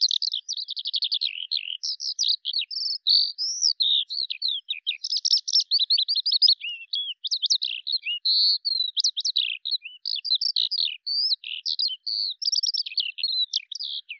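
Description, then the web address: Bird song, a long varied medley of high chattering notes, quick trills and sweeping whistles delivered nonstop. "Deverinetal 2025 File cleaned normalized Bird Al Ar"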